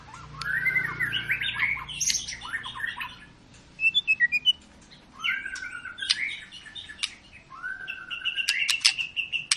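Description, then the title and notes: White-rumped shama song of rich whistled phrases and scratchy notes, with a brief fast trill in the middle and a long whistled phrase near the end. Long, vigorous lure song (pancingan) of a singing white-rumped shama, used to make other birds sing. "Pancingan Murai Batu Gacor Panjang. muraiku"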